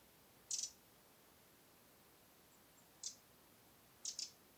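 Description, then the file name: Eurasian wren calling with brief, hard high-pitched ticks in short clusters, spaced a few seconds apart in near silence. "Troglodytes troglodytes"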